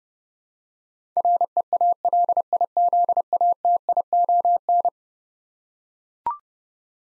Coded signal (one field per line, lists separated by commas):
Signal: Morse code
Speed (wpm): 31 wpm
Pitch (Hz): 700 Hz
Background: none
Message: REALIZATION